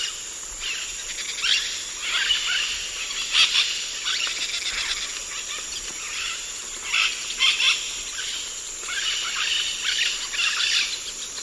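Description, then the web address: White-eyed parakeet chatter: continuous busy harsh screeching, rising and falling in intensity, over a steady high-pitched insect-like hum. Recorded in the eastern lowlands of South America. "Natures Songs S America Eastern Lowlands. White-eyed Parakeet"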